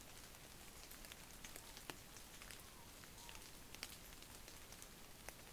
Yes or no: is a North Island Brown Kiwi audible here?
no